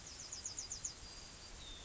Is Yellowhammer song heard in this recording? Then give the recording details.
yes. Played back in grassland. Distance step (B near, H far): F. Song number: 115